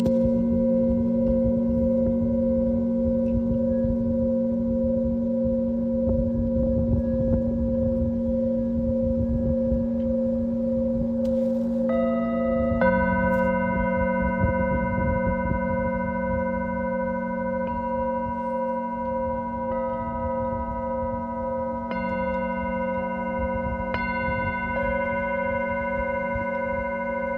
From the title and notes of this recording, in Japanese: メキシコから シンギングボウルのサウンドヒーリング ライブ。